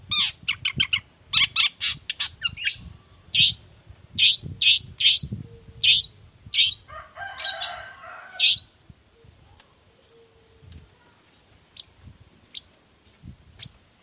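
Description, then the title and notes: Long-tailed shrike song: quick bursts of shrill, chattering notes, then a harsh buzzy phrase, fading to sparse thin ticks toward the end. Singing in the morning with varied notes including a 'toet toet' phrase; recording played as a lure so other shrikes reply quickly and open their beaks. "Cendet Gacor Dor Di Kala Pagi Toet Toet Variasi Suara. Cendet Gacor Efektif Pancingan Buat Cendet Jenis Apapun Agar Cepat Nyaut Buka Paruh. Burung cendet"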